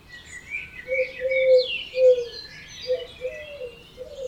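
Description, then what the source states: Birds: bird chorus with a string of low, mellow hooting notes about twice a second beneath busy high twittering and warbling songs. Dawn chorus at 4 am in Oberhofen, Inntal, Austria; binaural recording made for headphones.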